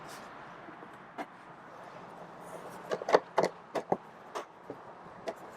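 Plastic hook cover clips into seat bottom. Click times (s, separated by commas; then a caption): 3.4 s. Plastic hook-cover clips from a 2020–2021 Lexus LX seat are pressed back into their storage spots in the seat bottom, removed so the seat anchors can lock into place. After a quiet stretch, a cluster of sharp clicks and taps sounds from about 2.9 s to 4 s, with the clips snapping into place at 3.4 s. A few fainter taps follow near 4.4, 4.7 and 5.3 s.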